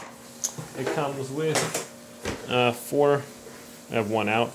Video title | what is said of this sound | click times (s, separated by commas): BUBBLE LAWNMOWER ASSEMBLY AND HOW TO USE | little thing that snaps in place so the wheels just push them on there | 0.4 s